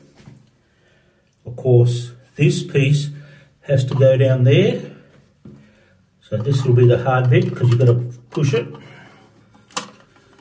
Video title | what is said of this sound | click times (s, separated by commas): Caroma dual flush toilet - how to change a seal / washer | then it just gets pushed back in clicks in place | 9.8 s